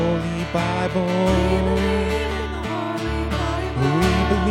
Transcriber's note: echo